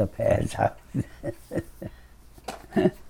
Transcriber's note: laughs